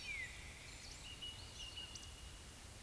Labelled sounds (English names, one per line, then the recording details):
Eurasian Woodcock whistle
Eurasian Woodcock croak
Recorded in Baden-Württemberg, Germany, on 10 May 2021 at 19:11 UTC
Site 24606, 635 m above sea level